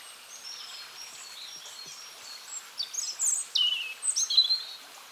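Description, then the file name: European robin song: after a quiet start, thin high warbled phrases with sliding whistles and short trills tumble out over the second half. "Erithacus rubecula"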